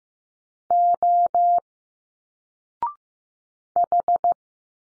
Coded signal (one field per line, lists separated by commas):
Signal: Morse code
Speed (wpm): 15 wpm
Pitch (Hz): 700 Hz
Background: none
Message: O H